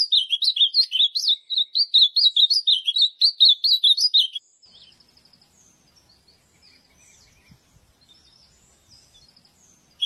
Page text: AZULÃO (Cyanoloxia Brissonii)